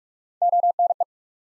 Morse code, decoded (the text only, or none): ONE